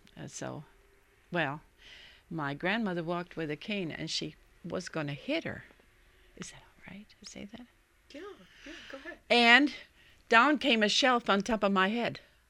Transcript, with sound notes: So, well, my grandmother walked with a cane, and she was going to hit her. ( she whispers ) Is it all right to say that?
Yes, go ahead.
And down came a shelf on top of my head.